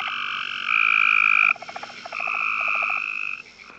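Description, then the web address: Tree frog calls: long steady tonal notes with a bright upper band, broken by quick pulsed rattling trains of clicks between them. "Hylidae"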